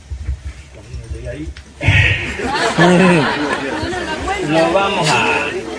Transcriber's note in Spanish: risas